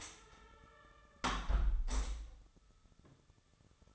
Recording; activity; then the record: daily activity, microphone in the room; close window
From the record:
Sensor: 3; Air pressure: 999.8 hPa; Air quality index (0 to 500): 218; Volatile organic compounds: 77 ppm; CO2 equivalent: 3581 ppm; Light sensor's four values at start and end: 10/22/9/9 and 9/22/9/9